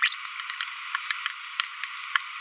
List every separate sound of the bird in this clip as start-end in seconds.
0.02-0.29